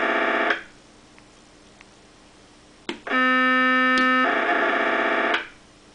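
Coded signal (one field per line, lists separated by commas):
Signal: POCSAG pager data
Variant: 512 baud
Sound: click, a buzzy steady tone for a second, then rough hissing data burst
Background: radio static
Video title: Single burst POCSAG 512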